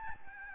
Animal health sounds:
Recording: mosquito wingbeat signal from an infrared sensor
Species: Aedes albopictus

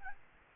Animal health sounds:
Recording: mosquito wingbeat signal from an infrared sensor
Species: Aedes albopictus

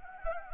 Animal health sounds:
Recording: mosquito wingbeat signal from an infrared sensor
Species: Anopheles gambiae

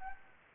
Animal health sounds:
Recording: mosquito wingbeat signal from an infrared sensor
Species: Anopheles gambiae

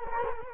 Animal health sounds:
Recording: mosquito wingbeat signal from an infrared sensor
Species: Culex quinquefasciatus

